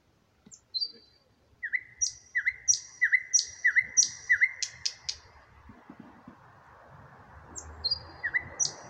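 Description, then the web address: Common nightingale song: thin whistles and rising notes repeated in a rhythmic series, some clicks, a pause with low background hum, then the phrase starts again. "rossignol chant du rossignol a zhuravleva"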